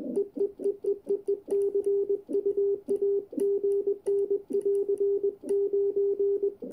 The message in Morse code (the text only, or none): EEEEEE CU AGN <AR> 9